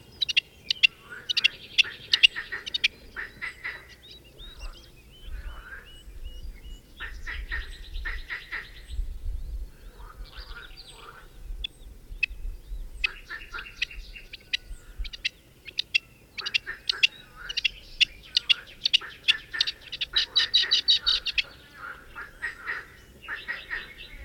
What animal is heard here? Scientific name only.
Alectoris graeca